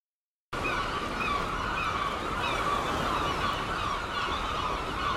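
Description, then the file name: Gull: brief silence, then a crowded gull chorus bursts in: constant overlapping harsh cries and yelps from many birds. Gulls at Seaton, dated 17 03. "Seagulls Seaton 17 03"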